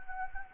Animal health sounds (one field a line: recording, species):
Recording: mosquito wingbeat signal from an infrared sensor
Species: Anopheles gambiae